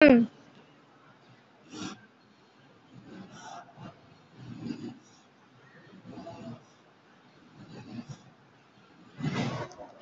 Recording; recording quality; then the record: deep breathing; excellent, no background noise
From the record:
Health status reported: COVID-19 positive, moderate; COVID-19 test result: positive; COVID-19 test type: RT-PCR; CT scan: taken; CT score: 5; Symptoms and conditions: cough, cold, breathing difficulty, sore throat, fever, fatigue, muscle pain, loss of smell and taste, pneumonia, another condition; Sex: male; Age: 60 years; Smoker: yes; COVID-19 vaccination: none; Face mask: worn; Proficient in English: yes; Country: India